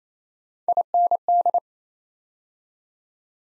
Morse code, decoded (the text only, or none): IND